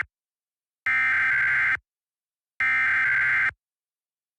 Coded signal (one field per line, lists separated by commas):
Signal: Emergency Alert System (SAME) tones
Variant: header bursts